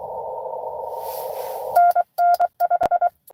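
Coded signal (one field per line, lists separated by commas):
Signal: Morse code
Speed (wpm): 23 wpm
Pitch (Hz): 700 Hz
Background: none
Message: NNII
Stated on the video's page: Live CW Parks on the Air activation.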